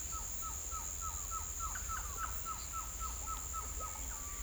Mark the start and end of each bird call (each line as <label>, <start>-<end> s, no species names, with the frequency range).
bird call (0.4-2.0 kHz), 0.10-3.98 s